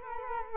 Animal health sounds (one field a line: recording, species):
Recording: mosquito wingbeat signal from an infrared sensor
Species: Culex quinquefasciatus